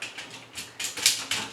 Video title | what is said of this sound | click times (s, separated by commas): Go-Onger's Engine-Oh DX Review | bring it like that, and it will lock into place | 1.1 s